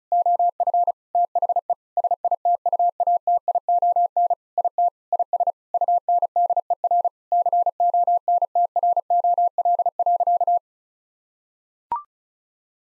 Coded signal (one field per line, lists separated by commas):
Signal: Morse code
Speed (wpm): 36 wpm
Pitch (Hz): 700 Hz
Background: none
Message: OF THE SITUATION IT IS UNDER CONTROL.